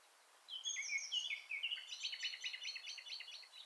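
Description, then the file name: Eurasian blackcap song: a quick warbling run of varied high notes, shifting into a faster, rattling series of short chirps toward the end. "Sylvia atricapilla"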